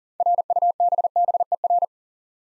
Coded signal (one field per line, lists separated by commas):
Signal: Morse code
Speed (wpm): 39 wpm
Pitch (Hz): 700 Hz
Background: none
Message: RUBBER